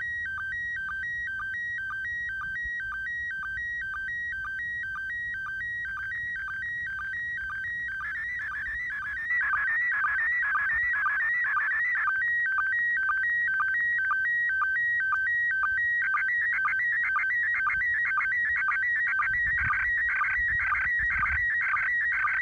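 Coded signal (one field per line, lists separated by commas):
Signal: SSTV (slow-scan television)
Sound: steady alternating whistling tones with regular short low chirps, turning into warbling scanning tones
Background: low rumble, radio hiss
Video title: International Space Station SSTV Satellite Pass Using A 3 Element Tape Measure Yagi Antenna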